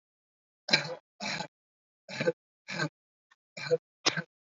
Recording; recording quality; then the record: shallow voluntary cough; excellent, no background noise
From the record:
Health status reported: COVID-19 positive, no symptoms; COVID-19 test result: positive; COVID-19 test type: RT-PCR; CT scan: not taken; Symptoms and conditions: none ticked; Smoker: yes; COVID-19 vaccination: both doses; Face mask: worn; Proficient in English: yes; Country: India